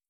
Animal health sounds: hydrophone in a shrimp aquaculture tank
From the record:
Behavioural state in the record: stressed

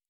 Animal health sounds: hydrophone in a shrimp aquaculture tank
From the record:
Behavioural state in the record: normal

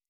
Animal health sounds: hydrophone in a shrimp aquaculture tank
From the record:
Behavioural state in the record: normal

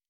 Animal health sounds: hydrophone in a shrimp aquaculture tank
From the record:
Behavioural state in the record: normal

